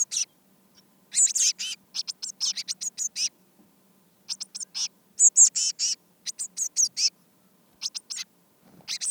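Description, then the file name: Eurasian blue tit calls: clusters of sharp, high chirps in quick bursts, separated by pauses of silence. "Cyanistes caeruleus"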